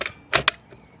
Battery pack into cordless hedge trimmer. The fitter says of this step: Uh, you're just going to slide it in from the back. You're going to hear it click in place